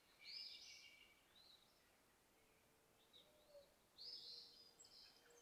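Yellow-bellied sapsucker uttering several nasal mewing notes, short slurred calls with pauses between them, over a soft hiss.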